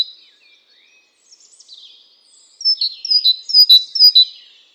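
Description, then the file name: Great tit song: after soft chatter, a clear two-note phrase repeated about four times, high note then lower note, ringing and even. "Parus major"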